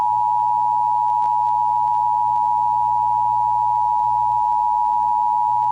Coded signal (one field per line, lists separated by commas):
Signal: Emergency Alert System (SAME) tones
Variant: 853 and 960 Hz attention tone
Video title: [Zachodniopomorzan] Nuclear Apocalypse | WW3 EAS Scenario Remake by YP